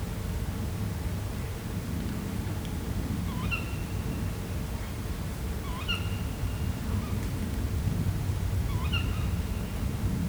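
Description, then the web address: Tawny owl calls: a few short upward-inflected whistled notes, faint against steady low rumbling noise. Two tawny owls recorded in the wild at Vizhaz, Hungary, in 2015 with a cardioid microphone. "allathangok termeszetben macskabagoly 2015 kettomacskabagoly vizhaz"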